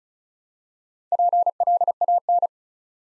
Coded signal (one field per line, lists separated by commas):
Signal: Morse code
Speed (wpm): 36 wpm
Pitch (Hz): 700 Hz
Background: none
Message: PLAN